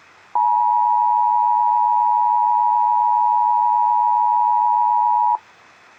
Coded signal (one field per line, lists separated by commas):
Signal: Emergency Alert System (SAME) tones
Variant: 853 and 960 Hz attention tone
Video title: EAS 442 SEVERE WEATHER STATEMENT